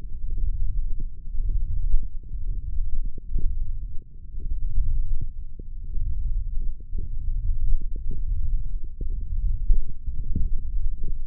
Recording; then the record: forearm muscle sounds (acoustic myography)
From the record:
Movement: tripod grip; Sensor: system 1, eight BSWA MPA416 microphones around the upper forearm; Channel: 5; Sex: female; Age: 22 years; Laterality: right